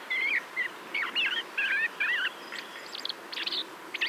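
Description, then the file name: Common blackbird song: low fluted whistles near the start, then squeakier twittering phrases in quick succession, with steady background hiss. "Turdus merula"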